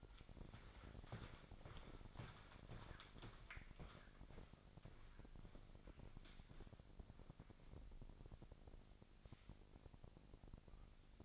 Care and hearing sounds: daily activity, microphone in the room; walk to room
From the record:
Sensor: 5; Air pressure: 999.5 hPa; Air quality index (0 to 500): 218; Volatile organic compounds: 19 ppm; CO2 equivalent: 2668 ppm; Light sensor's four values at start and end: 32/69/29/29 and 35/81/32/31

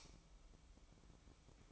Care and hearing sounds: daily activity, microphone in the room; light off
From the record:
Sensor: 1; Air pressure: 1007.9 hPa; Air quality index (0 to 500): 117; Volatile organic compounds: 2 ppm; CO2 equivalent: 992 ppm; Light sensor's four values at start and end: 20/62/25/26 and 10/25/10/11

